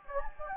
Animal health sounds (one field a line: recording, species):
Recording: mosquito wingbeat signal from an infrared sensor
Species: Anopheles gambiae